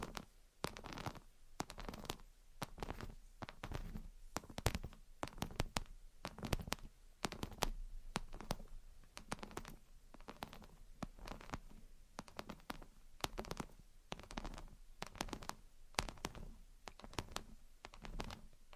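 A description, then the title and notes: Gentle tapping and scratching in dense, irregular bursts of crisp clicks, continuing steadily through the whole stretch with a soft low rumble underneath. Gentle Tapping and Scratching. (No Talking).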